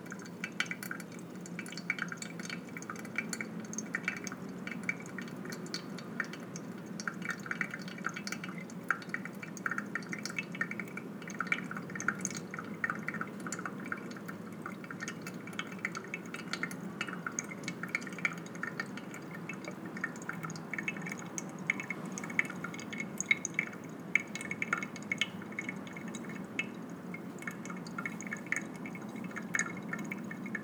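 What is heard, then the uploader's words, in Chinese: Coffee is quietly hand-brewed, a steady trickle of pouring water with dense, soft drips and faint low hiss throughout. 靜默的手沖一杯咖啡。今日手沖咖啡豆：肯亞AA 綺凱合作社 肯亞式雙重發酵水洗。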